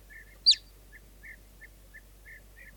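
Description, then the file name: Marmot issuing one piercing, downward-slurred whistle, with faint soft chirps repeating in the background. "Golosa ptic i zverei - Surok"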